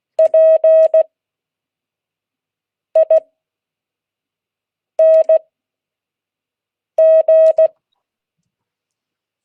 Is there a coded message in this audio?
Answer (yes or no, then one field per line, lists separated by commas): yes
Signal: Morse code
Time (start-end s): 0.2-7.7 s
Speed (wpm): 16 wpm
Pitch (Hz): 630 Hz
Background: none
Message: PING